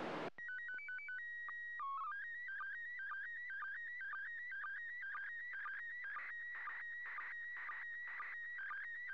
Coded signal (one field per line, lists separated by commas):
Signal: SSTV (slow-scan television)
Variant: PD 120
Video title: 31st second pass.Slow Scan Television(SSTV)images transmitted from the International Space Station